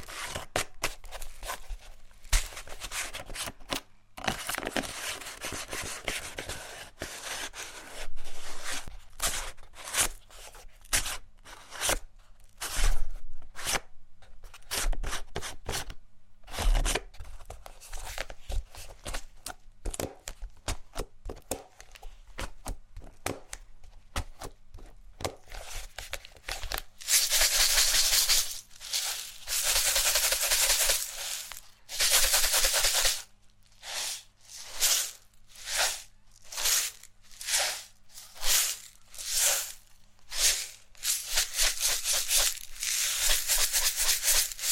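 ASMR triggers made of quick crinkling, tapping and scratching, the sounds packed densely for the first half. Around 27 seconds a bright, hissing rustle runs steadily for several seconds, then gives way to regular crisp strokes about once a second through the end.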